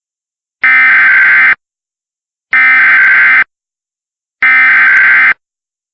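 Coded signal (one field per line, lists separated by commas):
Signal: Emergency Alert System (SAME) tones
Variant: header bursts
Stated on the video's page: Recreation of a severe thunderstorm alert with valid EAS tones.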